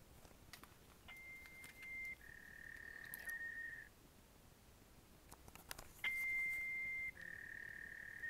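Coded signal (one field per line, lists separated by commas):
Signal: dial-up modem handshake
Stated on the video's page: Repetitive robotic sounds left in a numeric pager's virtual voicemail by an unknown caller, looping for five minutes.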